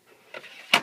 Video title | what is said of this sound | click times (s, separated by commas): This Super 8 Star Wars Projection Blew My Mind! Labelle Cartridge Projector Test | does lock on in fact here I'll demonstrate that for you it's hard to do when you're holding a phone | 0.7 s